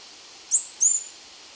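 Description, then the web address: Glistening-green tanager giving two very high, thin, downslurred notes in quick succession, then silence. Ecuador. "Birds of Ecuador. Glistening-green Tanager"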